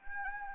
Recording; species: mosquito wingbeat signal from an infrared sensor; Anopheles arabiensis